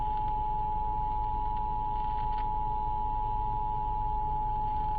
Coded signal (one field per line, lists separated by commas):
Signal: Emergency Alert System (SAME) tones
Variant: 853 and 960 Hz attention tone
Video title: eas toa Eas#321